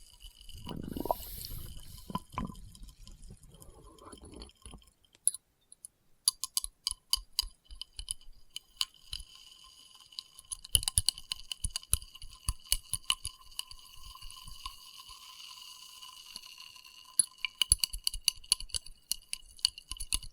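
Experimental triggers in test tubes: a burst of rustling and a few low knocks open the first five seconds, then give way to a long run of sharp, irregular glassy clicks and taps. The taps come in quick clusters with brief pauses, over a faint, steady high ringing tone.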